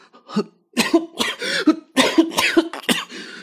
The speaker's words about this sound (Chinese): 安宗吓得被自己的唾沫给呛着了，一边咳嗽一边吸气